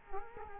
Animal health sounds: mosquito wingbeat signal from an infrared sensor; Culex quinquefasciatus

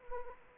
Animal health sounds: mosquito wingbeat signal from an infrared sensor; Anopheles arabiensis

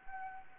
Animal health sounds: mosquito wingbeat signal from an infrared sensor; Anopheles arabiensis

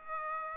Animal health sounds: mosquito wingbeat signal from an infrared sensor; Aedes aegypti

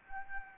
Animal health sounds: mosquito wingbeat signal from an infrared sensor; Anopheles arabiensis

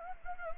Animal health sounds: mosquito wingbeat signal from an infrared sensor; Anopheles gambiae

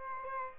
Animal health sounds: mosquito wingbeat signal from an infrared sensor; Aedes albopictus

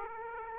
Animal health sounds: mosquito wingbeat signal from an infrared sensor; Aedes aegypti

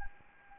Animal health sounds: mosquito wingbeat signal from an infrared sensor; Anopheles arabiensis

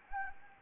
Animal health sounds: mosquito wingbeat signal from an infrared sensor; Anopheles gambiae

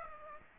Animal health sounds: mosquito wingbeat signal from an infrared sensor; Aedes aegypti

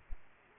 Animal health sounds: mosquito wingbeat signal from an infrared sensor; Aedes aegypti

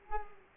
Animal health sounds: mosquito wingbeat signal from an infrared sensor; Culex quinquefasciatus

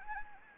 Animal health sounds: mosquito wingbeat signal from an infrared sensor; Anopheles gambiae

